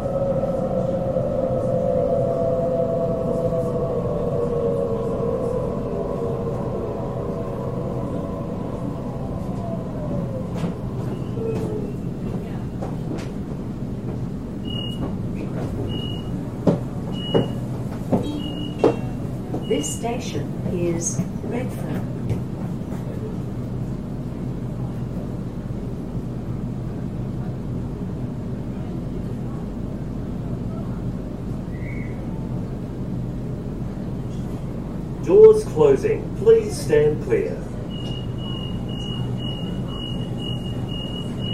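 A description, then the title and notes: A Sydney train heading into the city, with a steady low rumble throughout. A falling whine fades out in the first ten seconds. Around 15 and 37 seconds a repeating beeping sounds, and bursts of clicking and clattering come near 17–21 and 35–37 seconds. シドニー市内へ向かう電車の音. 今回も最新版をPCM録音ステレオでお送りします. Sound of Sydney Train.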